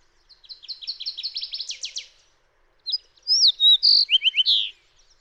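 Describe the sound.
Fox sparrow song: a soft, quick series of high buzzy notes, then after a pause a loud burst of rich, slurred whistles and sweet notes lasting about two seconds.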